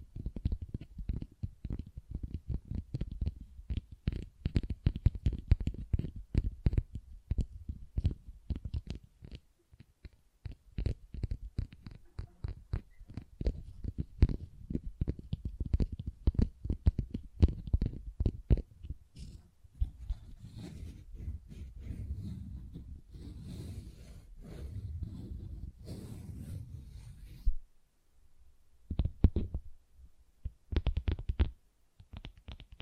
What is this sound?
Tingly Textures Tapping and Scratching